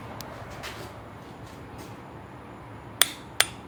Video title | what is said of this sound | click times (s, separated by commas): Head gasket and timing Chain Part 2 | Okay, 22 foot-pounds till it clicks. Hear | 3.0 s, 3.4 s